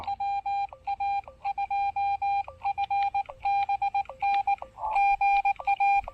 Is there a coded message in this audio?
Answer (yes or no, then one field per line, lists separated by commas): yes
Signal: Morse code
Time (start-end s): 0.1-6.0 s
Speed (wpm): 19 wpm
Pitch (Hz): 800 Hz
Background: none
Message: WA2FBN GA